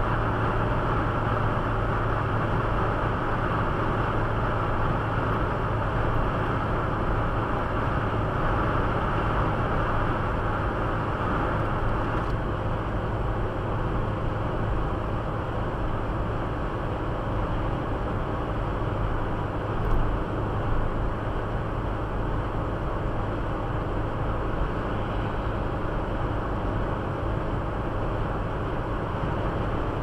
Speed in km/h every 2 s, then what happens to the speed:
104, 103, 102, 101, 101, 100, 100, 99, 99, 98, 98, 99, 99, 99, 99.
0-30 steady at about 99.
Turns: none.